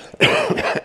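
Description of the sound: A single short, harsh cough burst from an adult man speaking in a quiet room, occurring mid-speech during a sermon; an ordinary isolated cough.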